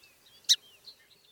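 Song sparrow giving a single sharp, loud chip note, with faint thin whistled notes in the quiet background.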